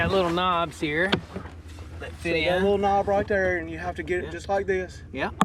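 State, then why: Not seated. Two plastic gravity-septic leach-field chamber sections are lined up by their little locating knobs and handled into position to be pressed together, while people talk throughout. Nothing has seated or popped together yet; the sections are not home by the end of the clip.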